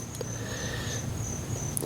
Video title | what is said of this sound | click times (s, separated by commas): BMW 3 series front brakes replacement DIY e36 e46 brake change bimerok | opening on the pad so it just snaps into place | 1.8 s